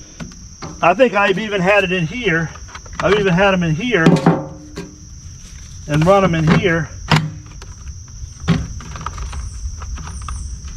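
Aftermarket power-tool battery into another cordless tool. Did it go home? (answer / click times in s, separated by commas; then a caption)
yes / 7.1 s. An aftermarket power-tool battery is fitted into another cordless tool while someone talks intermittently over a steady high-pitched hum. A sharp click at 7.1 s marks the battery latching into place, followed by a few smaller knocks and clicks as it is handled, and the battery is seated.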